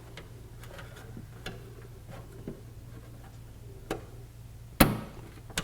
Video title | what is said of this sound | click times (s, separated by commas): AprilAire 700MAINTKIT Maintenance Kit Installation | snaps right in | 4.8 s